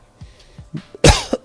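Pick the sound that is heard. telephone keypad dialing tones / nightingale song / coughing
coughing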